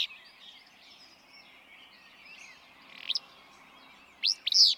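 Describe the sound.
Willow flycatcher with a short partial phrase, then a full sneezy two-part song near the end, over a soft bed of bird twitters.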